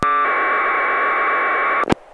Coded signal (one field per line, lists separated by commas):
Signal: packet radio (AX.25, as in APRS)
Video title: Winlink Setup and Demo